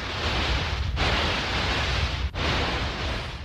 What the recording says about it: People with tinnitus hear a sound like this all the time. With it, you hear constant noise, usually a ringing or a buzz. But people can experience lots of different sounds. These simulations were created by the British Tinnitus Association.